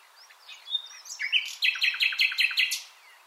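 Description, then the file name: Common nightingale song: a pure whistled note and soft warbles, then a rapid run of repeated rich chirps. "Luscinia megarhynchos"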